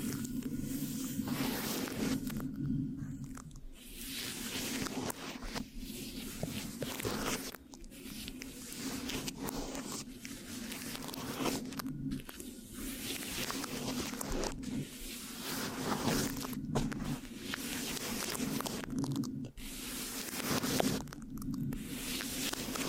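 Mic scratching and sticky tapping fill the whole clip with dense, crackly rustle that rises and falls in waves every second or two. Brief silent gaps break it up now and then. A steady low hum runs underneath throughout.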